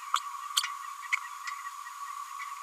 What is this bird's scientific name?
Forpus passerinus